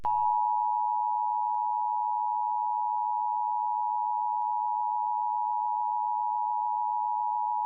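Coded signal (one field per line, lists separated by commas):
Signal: Emergency Alert System (SAME) tones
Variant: 853 and 960 Hz attention tone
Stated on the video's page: EAS weather alert aired on a TV station during a talk show.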